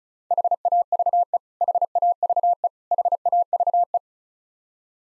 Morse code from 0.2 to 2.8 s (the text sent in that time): HAVE HAVE